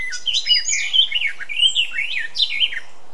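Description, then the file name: Eurasian blackcap giving a continuous, fluid warble of slurred rising and falling notes, bright and musical throughout. "Sylvia atricapilla"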